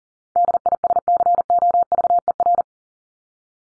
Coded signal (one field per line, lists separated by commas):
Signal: Morse code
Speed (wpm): 40 wpm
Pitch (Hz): 700 Hz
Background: none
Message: DISCOVER